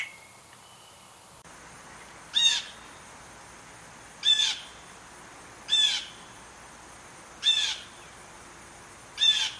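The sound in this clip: Bird calling with five clipped, grating squawks, evenly spaced under two seconds apart, after a quiet start with a faint tone.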